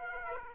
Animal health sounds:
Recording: mosquito wingbeat signal from an infrared sensor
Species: Aedes aegypti

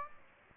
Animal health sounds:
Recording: mosquito wingbeat signal from an infrared sensor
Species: Aedes aegypti

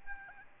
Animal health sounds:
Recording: mosquito wingbeat signal from an infrared sensor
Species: Aedes albopictus

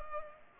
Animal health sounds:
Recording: mosquito wingbeat signal from an infrared sensor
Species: Culex pipiens

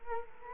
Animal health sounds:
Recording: mosquito wingbeat signal from an infrared sensor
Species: Culex quinquefasciatus

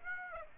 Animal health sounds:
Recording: mosquito wingbeat signal from an infrared sensor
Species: Aedes aegypti

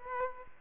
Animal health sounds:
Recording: mosquito wingbeat signal from an infrared sensor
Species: Aedes aegypti

